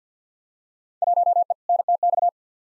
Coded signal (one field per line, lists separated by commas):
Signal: Morse code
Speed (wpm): 50 wpm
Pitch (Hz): 700 Hz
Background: none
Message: 1E NTX